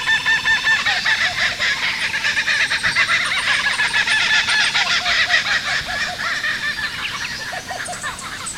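Kookaburras in a loud laughing chorus, rapid harsh cackling notes pouring out in overlapping bursts throughout, several birds calling together.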